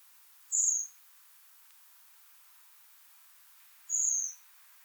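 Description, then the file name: Common blackbird giving thin, very high drawn-out seee notes, two of them about three seconds apart, over a quiet background. "Turdus merula"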